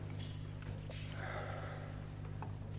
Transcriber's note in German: atmet schwer